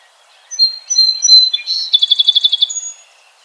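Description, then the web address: Song sparrow singing a clear whistled opening of steady notes, followed by a buzz and a rapid pulsed trill, closing on a high thin note. 17 June 2007. "Song Sparrow 2007 06 17"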